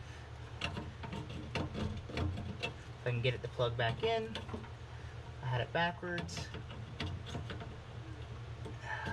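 Someone talks while handling a wiring harness connector, turning it around because it was backwards, to plug it into the fuel pump driver module during a boost-a-pump install on a 1999–2004 Mustang with the car off and the battery disconnected. Brief taps and knocks of handling are heard between the speech, about 0.6 to 7.5 seconds in. Nothing has seated or clicked yet.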